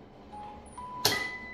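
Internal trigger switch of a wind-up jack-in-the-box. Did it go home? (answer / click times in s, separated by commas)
yes / 1.1 s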